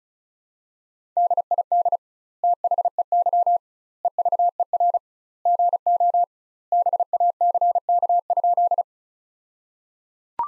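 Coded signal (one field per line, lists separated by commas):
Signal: Morse code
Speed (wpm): 34 wpm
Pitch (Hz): 700 Hz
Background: none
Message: DID THEY EVER GO BACK?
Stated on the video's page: Morse practice sentences from the top 400 words at 35 wpm, sent with 2x standard word spacing, a Farnsworth-like method applied to words.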